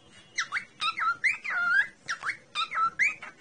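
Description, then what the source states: Cockatiel calling: a quick series of chirpy whistled notes that rise and dip. Lutino colour variety cockatiel.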